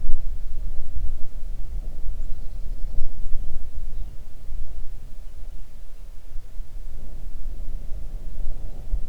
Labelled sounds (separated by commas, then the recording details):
songbird, wind
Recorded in the Arctic National Wildlife Refuge, Alaska, on 3 June 2019 at 04:33
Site 37